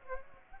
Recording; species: mosquito wingbeat signal from an infrared sensor; Aedes aegypti